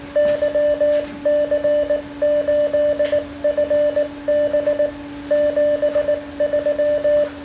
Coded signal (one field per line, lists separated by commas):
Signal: Morse code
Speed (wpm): 19 wpm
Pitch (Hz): 590 Hz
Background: radio noise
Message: YC8FB 73